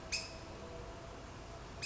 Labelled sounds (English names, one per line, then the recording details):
California Towhee
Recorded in Sonoma County, California